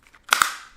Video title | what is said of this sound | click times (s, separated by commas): How to Change Thumbstick on PS5 Controller (Fix Peeling) | boom you heard the clicks | 0.3 s, 0.4 s